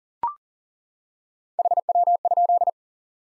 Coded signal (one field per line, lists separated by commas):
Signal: Morse code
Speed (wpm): 37 wpm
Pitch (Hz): 700 Hz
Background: none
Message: HW?